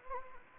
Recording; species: mosquito wingbeat signal from an infrared sensor; Anopheles gambiae